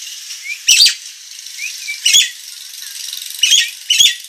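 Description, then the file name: Nias hill myna squawks: four harsh bursts with short whistled slurs between them, over a constant hiss. Persistent, full-voiced singing described as 'gacor' and noisy. "Kicau Jalak Nias Gacor Suara Berisik"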